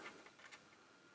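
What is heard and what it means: A hinged plastic engine cover panel is being handled and closed onto the body of a finished scale model car. Several faint, soft rustling taps sound over a quiet hiss. Nothing has clicked or seated yet.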